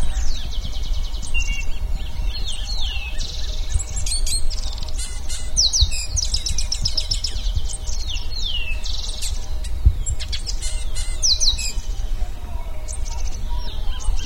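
Bird calling: a busy series of high, quick chirps, trills and sweeping notes over a steady low rumble.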